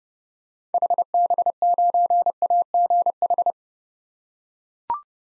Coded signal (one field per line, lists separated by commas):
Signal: Morse code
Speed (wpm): 32 wpm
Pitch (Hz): 700 Hz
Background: none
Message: HB9AGH